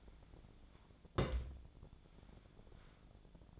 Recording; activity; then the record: daily activity, microphone in the room; place on stove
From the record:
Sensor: 5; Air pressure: 1000.1 hPa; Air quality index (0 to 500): 96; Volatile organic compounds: 1 ppm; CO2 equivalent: 783 ppm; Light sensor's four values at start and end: 373/887/383/431 and 386/901/395/448